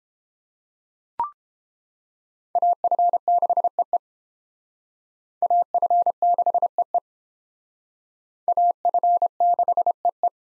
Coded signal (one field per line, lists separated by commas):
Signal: Morse code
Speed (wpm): 30 wpm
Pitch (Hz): 700 Hz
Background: none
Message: AF6EE AF6EE AF6EE